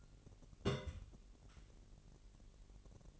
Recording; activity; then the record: daily activity, microphone in the room; place on stove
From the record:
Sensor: 4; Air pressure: 1002.8 hPa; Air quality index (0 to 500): 237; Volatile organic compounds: 10 ppm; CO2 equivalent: 2222 ppm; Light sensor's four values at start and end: 7/15/6/6 and 7/15/6/6